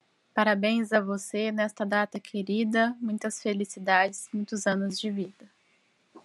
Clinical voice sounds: short text; Brazilian Portuguese; female; 30 to 39 years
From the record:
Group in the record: control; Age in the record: 37 years

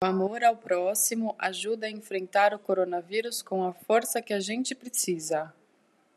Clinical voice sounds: spoken sentence; Brazilian Portuguese; female; 30 to 39 years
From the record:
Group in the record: control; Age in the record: 31 years

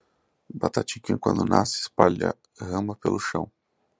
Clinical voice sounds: short text; Brazilian Portuguese; male; 30 to 39 years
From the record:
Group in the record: control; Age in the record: 33 years

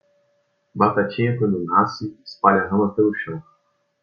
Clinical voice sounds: short text; Brazilian Portuguese; male; 20 to 29 years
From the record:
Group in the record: control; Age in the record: 22 years

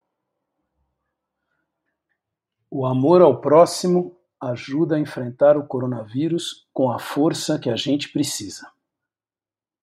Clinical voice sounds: spoken sentence; Brazilian Portuguese; male; 50 to 59 years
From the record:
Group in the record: control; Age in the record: 53 years

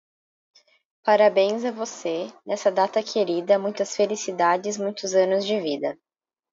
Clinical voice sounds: short text; Brazilian Portuguese; female; 20 to 29 years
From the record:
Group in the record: control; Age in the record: 22 years

